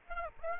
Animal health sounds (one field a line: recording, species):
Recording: mosquito wingbeat signal from an infrared sensor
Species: Aedes aegypti